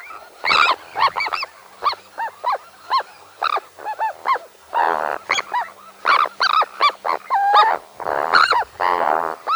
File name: Krachka pestronosaja